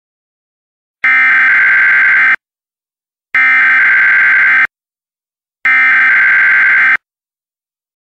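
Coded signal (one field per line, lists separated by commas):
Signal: Emergency Alert System (SAME) tones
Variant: header bursts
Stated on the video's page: Homemade recreation of a Kentucky Educational Television Emergency Alert System test, not a real broadcast.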